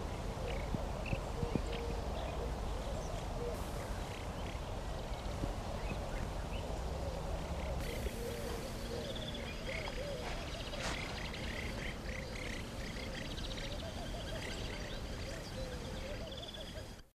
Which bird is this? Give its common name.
Desert Finch